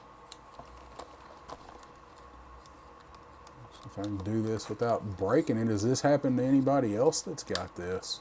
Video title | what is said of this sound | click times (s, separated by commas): Cobra S.N.A.K.E. battle suit G.I. Joe Classified # 162 | It just pops back in. That's weird. | 0.3 s